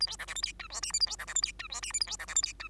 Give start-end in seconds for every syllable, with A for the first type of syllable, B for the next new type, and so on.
0.00-0.07 A, 0.07-0.17 B, 0.19-0.26 C, 0.27-0.34 D, 0.35-0.42 E, 0.42-0.52 F, 0.59-0.68 G, 0.70-0.81 H, 0.82-0.92 I, 0.93-1.00 J, 1.00-1.06 A, 1.06-1.16 B, 1.18-1.26 C, 1.27-1.34 D, 1.35-1.41 E, 1.42-1.52 F, 1.59-1.68 G, 1.69-1.81 H, 1.82-1.92 I, 1.93-2.00 J, 2.00-2.06 A, 2.06-2.17 B, 2.19-2.26 C, 2.27-2.34 D, 2.35-2.42 E, 2.42-2.53 F, 2.59-2.68 G